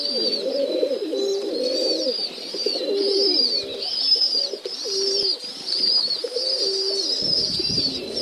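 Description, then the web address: Domestic pigeons cooing in overlapping low, rolling phrases throughout, with a steady stream of high, thin chirping above them. Recorded in a pigeon loft (gołębnik). "wroblowe kolekcja golebnik"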